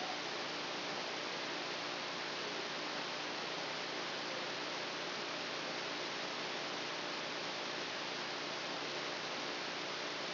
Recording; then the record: brain microelectrode recording played as sound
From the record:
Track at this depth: outside the subthalamic nucleus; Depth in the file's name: 6.004 mm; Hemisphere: left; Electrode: 2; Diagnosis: Parkinson's disease